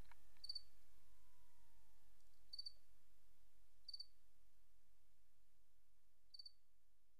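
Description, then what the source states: Cricket chirps, four quick high triple pulses at irregular gaps, a faint gliding tone early on, and a quiet low rumble. Recorded 28 August 2007; presented as white noise.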